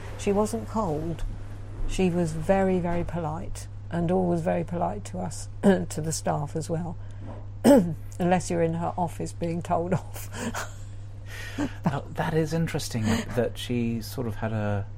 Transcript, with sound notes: She wasn’t cold, she was very, very polite and always very polite to us, the staff as well. Unless you were in her off ice being told off (laughs)
That is interesting that she sort of had a